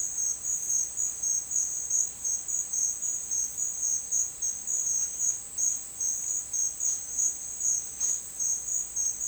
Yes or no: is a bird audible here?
no